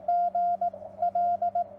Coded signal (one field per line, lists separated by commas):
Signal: Morse code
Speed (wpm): 17 wpm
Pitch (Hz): 690 Hz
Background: none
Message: GL